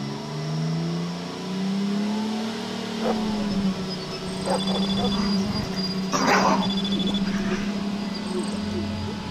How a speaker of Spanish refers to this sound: En la zona de chacras, particularmente el tránsito permanente de las camionetas 4x4, ¿no? que van entre una locación y otra.